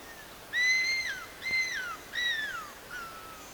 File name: madagascar cuckoo hawk